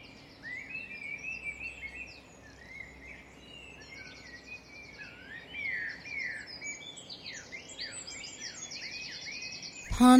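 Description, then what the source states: Birds in a lively chorus, slurred whistles, downward chirps and buzzy trills overlapping continuously, ending with a sudden loud click. Dawn chorus.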